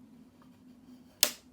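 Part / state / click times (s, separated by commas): plastic door latch on a toy police-box playset / seated / 1.2 s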